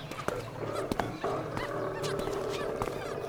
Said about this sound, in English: This is a parrot. Listen.